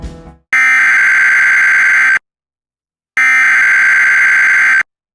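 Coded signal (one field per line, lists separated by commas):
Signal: Emergency Alert System (SAME) tones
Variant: header bursts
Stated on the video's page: Flood warning carried by NJTV, a weather service alert.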